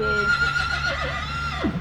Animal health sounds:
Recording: contact call of a hoofed animal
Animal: Przewalski's horse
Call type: whinny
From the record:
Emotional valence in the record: negative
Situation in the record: group separation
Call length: 1.80 s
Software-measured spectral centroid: 2250 Hz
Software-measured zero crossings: 2890 a second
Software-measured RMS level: -24 dBFS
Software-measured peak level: -12 dBFS

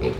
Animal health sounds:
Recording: contact call of a hoofed animal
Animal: pig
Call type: closed-mouth grunt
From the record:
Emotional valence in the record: positive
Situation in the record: food and toys in familiar pen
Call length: 0.19 s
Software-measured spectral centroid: 1520 Hz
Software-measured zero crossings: 1320 a second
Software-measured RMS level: -24 dBFS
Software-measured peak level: -11 dBFS

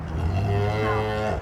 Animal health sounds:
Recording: contact call of a hoofed animal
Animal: cattle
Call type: low-frequency (closed-mouth) or high-frequency (open-mouth) call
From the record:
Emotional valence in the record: positive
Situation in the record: visual reunion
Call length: 1.42 s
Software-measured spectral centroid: 1530 Hz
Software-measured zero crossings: 1110 a second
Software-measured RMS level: -24 dBFS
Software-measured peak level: -12 dBFS

